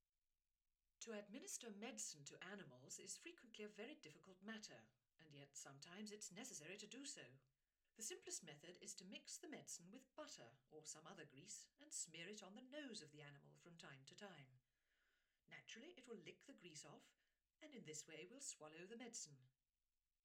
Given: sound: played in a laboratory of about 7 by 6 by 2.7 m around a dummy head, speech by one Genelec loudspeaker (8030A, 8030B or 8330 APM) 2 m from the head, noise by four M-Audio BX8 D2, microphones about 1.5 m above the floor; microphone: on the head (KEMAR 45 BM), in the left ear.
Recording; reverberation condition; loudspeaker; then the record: female speech in English; low; 60 degrees to the left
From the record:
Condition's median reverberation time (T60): about 310 ms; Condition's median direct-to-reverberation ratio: about 3.5 dB